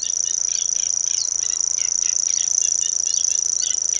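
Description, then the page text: Common grasshopper warbler, a dry insect-like reel running unbroken at a high pitch, with rhythmic chirping notes from another bird repeated several times a second. Song, recorded at Bebertal, Germany, labelled 080727, during the Singwarte nature sound recording camp near Süplingen and Magdeburg. "cgrasshw locustella naevia. Singwarte nature sound recording camp – Patrick Franke. Süplingen near Magdeburg, East-Germany"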